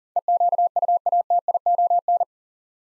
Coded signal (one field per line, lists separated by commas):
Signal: Morse code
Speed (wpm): 40 wpm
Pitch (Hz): 700 Hz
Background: none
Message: EQUATION